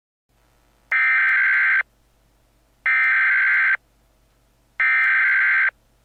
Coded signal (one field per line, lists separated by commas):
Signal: Emergency Alert System (SAME) tones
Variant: header bursts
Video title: EF5 (EAS Scenario)